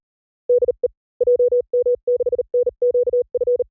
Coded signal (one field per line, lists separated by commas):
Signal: Morse code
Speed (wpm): 38 wpm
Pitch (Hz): 500 Hz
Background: none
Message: DE JM6NQF